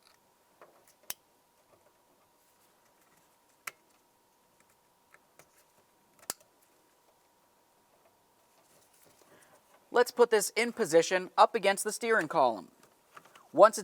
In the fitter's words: plug in each of your electrical connectors listen for a click